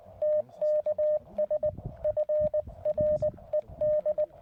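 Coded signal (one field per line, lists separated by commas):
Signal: Morse code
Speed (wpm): 17 wpm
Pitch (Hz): 610 Hz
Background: radio noise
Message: TKS FRED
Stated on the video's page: QRP CW on 20 m using a Weber MTR with a QRP-Guys tri-band vertical antenna.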